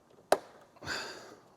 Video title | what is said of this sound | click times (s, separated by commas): License Plate Light Bulb Change Replacement T10 Buick Encore 2017-2022 @AUXITOLED | Okay, that's locked into place. | 0.3 s